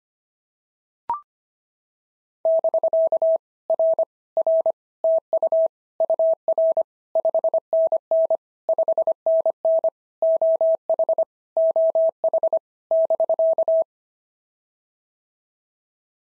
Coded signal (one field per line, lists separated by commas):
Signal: Morse code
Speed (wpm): 24 wpm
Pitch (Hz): 650 Hz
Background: none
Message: <BK> R R TU UR 5NN 5NN OH OH <BK>